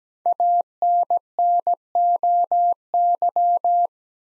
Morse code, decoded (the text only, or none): ANNOY